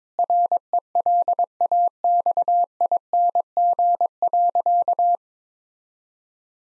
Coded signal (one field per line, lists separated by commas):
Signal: Morse code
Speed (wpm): 21 wpm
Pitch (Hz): 700 Hz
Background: none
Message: RELAXING.